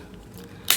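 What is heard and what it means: The hinged plastic lid of a wireless earbud charging case is closed by hand. After a quiet stretch with only faint low noise and a couple of soft ticks, it shuts with a sharp, bright snap at 0.7 s. The lid closes nicely.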